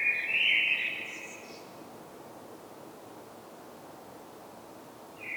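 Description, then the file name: Common blackbird uttering a single short mellow warble with scratchy high overtones, then a long quiet gap before the next phrase begins. "Turdus merula"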